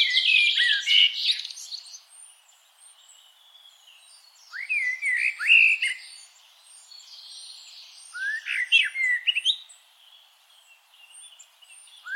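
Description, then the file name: Eurasian blackbird song: repeated phrases of rich, fluting notes, each ending in a thin, high squeaky chatter, spaced a few seconds apart. "Turdus merula"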